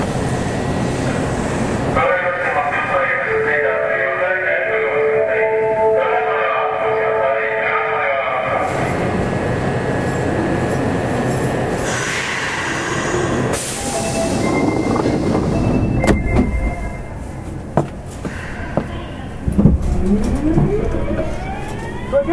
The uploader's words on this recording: 近鉄7000系 地下鉄中央線 本町から長田まで. It is a running sound of a Kintetsu 7000 series train. I recorded on the Osaka city subway Chuo Line of a direct drive destination.